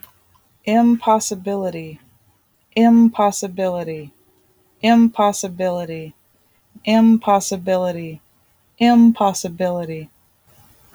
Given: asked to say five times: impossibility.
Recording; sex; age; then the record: repeated word; female; 40 to 49 years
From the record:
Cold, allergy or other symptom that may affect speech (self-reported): no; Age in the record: 46 years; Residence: North Carolina, United States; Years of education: 16